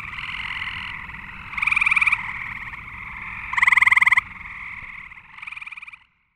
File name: Eastern Gray Tree Frog